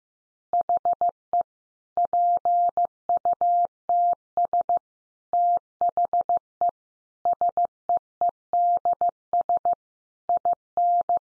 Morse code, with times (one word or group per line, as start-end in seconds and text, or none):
0.5-1.4 HE
2.0-4.8 PUTS
5.3-6.7 THE
7.3-9.7 SEEDS
10.3-11.2 IN